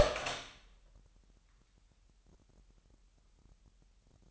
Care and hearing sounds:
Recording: daily activity, microphone in the room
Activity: open door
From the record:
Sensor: 3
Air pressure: 998.3 hPa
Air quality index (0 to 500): 144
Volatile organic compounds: 5 ppm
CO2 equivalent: 1725 ppm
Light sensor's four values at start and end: 15/45/18/17 and 15/45/18/17

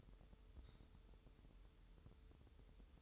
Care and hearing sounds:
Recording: daily activity, microphone in the room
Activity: take from stove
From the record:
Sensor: 3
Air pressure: 988.2 hPa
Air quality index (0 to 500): 191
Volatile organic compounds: 265 ppm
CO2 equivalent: 4399 ppm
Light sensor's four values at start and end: 24/75/31/27 and 24/75/31/27

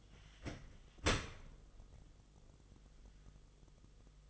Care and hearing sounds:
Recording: daily activity, microphone in the room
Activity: open dishwasher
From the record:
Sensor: 4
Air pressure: 1005.6 hPa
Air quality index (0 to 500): 111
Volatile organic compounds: 3 ppm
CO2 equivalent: 1385 ppm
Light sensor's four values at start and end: 11/24/10/9 and 11/26/10/10

